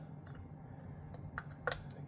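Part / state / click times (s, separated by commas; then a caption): latching cable connector into sensor unit / seated / 1.7 s. A cable connector is pushed onto the mushroom-shaped gesture-sensor unit against a steady low background hum, with a few faint ticks. A sharp plastic latch click lands at 1.7 s, followed by lighter handling ticks. The connector is seated and latched in.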